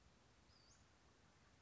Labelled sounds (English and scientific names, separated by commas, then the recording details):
Western Flycatcher (Empidonax difficilis)
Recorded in Sonoma County, California